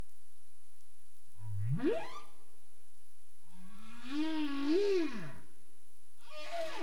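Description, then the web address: Humpback whale vocalizations: a quick rising whoop, then a long wavering moan that swells and dips, with another note starting at the end, over faint background hiss. Caribbean, recorded 27 April 2035 at 22:05 UTC. "CARIMAM clean data humpback whale"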